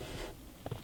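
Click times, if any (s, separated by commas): none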